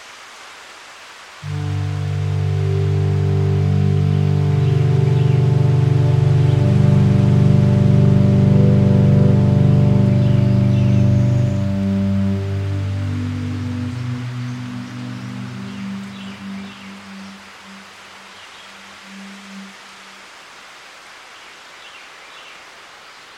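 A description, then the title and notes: Along the Palm Hammock Trail at Merritt Island, a deep, steady humming drone with layered low tones swells in after a second or two, holds strong until about twelve seconds, then wavers and fades away by eighteen. Faint, scattered bird chirps sit above a soft hiss. Today’s Soundwalk was taken April 8th 2022 along the Palm Hammock Trail at Merritt Island NWR in Florida. A palm hammock is an elevated plane in wetland environments where where Oaks, wild tamarind, cabbage palms, maple, and saw palmetto thrive.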